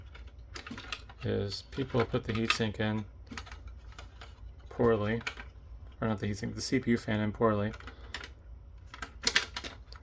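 A plastic CPU fan assembly is pressed down into its mount in a Dell Optiplex 7060 Micro desktop while someone talks, with light tapping and handling sounds between the speech. It snaps into place with two sharp clicks at about 9.3 and 9.4 seconds, and the fan is seated.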